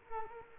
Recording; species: mosquito wingbeat signal from an infrared sensor; Culex quinquefasciatus